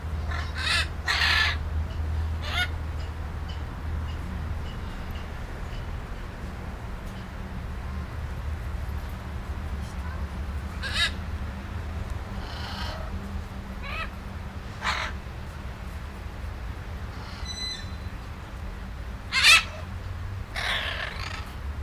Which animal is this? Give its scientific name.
Ara rubrogenys